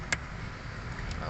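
The electrical sensor connector is unclipped from the fuel filter sensor during a fuel filter replacement on an Isuzu MU-X or D-MAX. A single sharp click at 0.1 s stands out against a low, steady background rumble. The connector is released.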